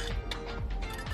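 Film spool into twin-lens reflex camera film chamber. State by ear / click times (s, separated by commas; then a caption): seated / 0.3 s. On another attempt, a roll-film spool is pushed into the groove in the film chamber of a Ricohflex twin-lens reflex camera. A sharp snap at 0.3 s marks the spool seating in the slot, followed by a softer knock around 0.7 s.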